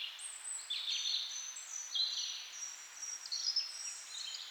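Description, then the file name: Birdsong, high thin whistles and twittering phrases throughout. "melodiez vogels"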